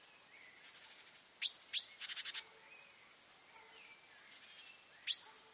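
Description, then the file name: Great tit scolding call: piercing high ticks and thin whistles with dry, buzzy chatter. "Parus major"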